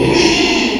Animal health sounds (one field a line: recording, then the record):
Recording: squeal of a Yucatan mini pig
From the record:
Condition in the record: after surgery on the right vocal fold (resection and tissue-engineered implant)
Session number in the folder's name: 2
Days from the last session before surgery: 13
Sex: male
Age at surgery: 12 weeks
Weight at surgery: 13 kg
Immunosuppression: cyclosporine, prednisolone